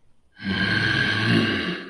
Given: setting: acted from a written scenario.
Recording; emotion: vocal sound without words; anger